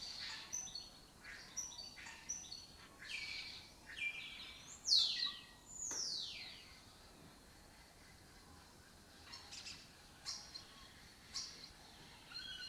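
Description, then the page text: Lesser kestrel calls, thin harmonic notes and a few loud, sharply falling rasping calls at irregular intervals, over steady background hiss. Colony that took over an abandoned house complex in Doñana, southern Europe; migratory birds that forage in West Africa and breed in southern Europe. "Lesser Kestrels Took Over an Abandoned Building - wp.earth.fm. A migratory raptor wich spends its foraging time in West Africa and breeds in southern Europe. Here in Doñana"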